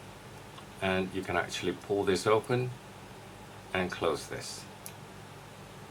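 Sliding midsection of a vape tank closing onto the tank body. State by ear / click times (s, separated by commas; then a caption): seated / 4.9 s. Someone talks while the sliding middle chamber of a metal and glass Ceravape Cerabis sub-ohm vape tank is pulled open and then pushed closed onto the tank body. It shuts with a single sharp click at 4.9 s, and the midsection is seated closed.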